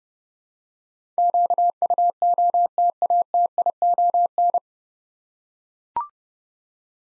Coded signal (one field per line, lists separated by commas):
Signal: Morse code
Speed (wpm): 30 wpm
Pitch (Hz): 700 Hz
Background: none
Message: QUOTATION